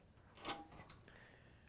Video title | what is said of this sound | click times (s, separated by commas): How To: Whirlpool/KitchenAid/Maytag Idler Pulley 8547174V | Make sure it locks into place. | 1.1 s